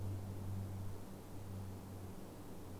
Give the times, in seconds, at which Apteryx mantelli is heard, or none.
none